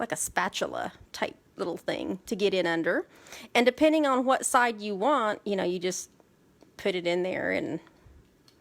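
A woman talks while reversing the removable double-ended insert of a handheld paper-crafting pick tool, which has a piercer on one end and a spatula on the other, and pushing it back into the handle. A short, faint tick is heard at 8.5 s as the insert locks into the handle.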